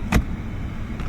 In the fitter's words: Okay, once you get on those tabs, just push the glove box until it clicks in.